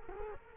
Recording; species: mosquito wingbeat signal from an infrared sensor; Culex quinquefasciatus